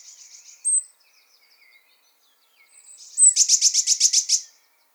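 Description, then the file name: Eurasian blue tit, a buzzy churr and a sharp high note, then a loud rapid series of harsh notes. "Cyanistes caeruleus"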